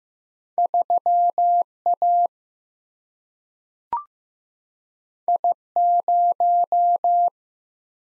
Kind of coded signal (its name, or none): Morse code